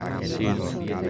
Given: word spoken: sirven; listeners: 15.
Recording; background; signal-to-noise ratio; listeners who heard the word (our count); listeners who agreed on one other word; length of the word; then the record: one Spanish word in noise, from a listening test; eight-talker babble; -3.3 dB; 0 of 15; 7 of 15; 0.70 s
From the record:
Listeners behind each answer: 7, 3, 1, 1, 1, 1, 1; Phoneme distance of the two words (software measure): 27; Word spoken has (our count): 2 syllables, 6 phonemes, stress on syllable 1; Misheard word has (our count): 2 syllables, 5 phonemes, stress on syllable 1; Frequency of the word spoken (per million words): 27.70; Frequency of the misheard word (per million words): 20.17